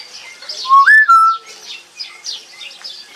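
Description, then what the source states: Common hill myna giving a loud whistled call, a rising note followed by a sustained clear whistle, with softer chattering notes around it. Kept as a pet; produces partly quite loud sounds; noted for speech mimicry, especially in females.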